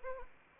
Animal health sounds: mosquito wingbeat signal from an infrared sensor; Anopheles arabiensis

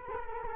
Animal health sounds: mosquito wingbeat signal from an infrared sensor; Culex quinquefasciatus

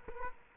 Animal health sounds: mosquito wingbeat signal from an infrared sensor; Culex quinquefasciatus

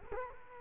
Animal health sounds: mosquito wingbeat signal from an infrared sensor; Culex quinquefasciatus

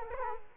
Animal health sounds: mosquito wingbeat signal from an infrared sensor; Culex quinquefasciatus

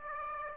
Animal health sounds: mosquito wingbeat signal from an infrared sensor; Aedes aegypti

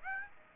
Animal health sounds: mosquito wingbeat signal from an infrared sensor; Aedes aegypti

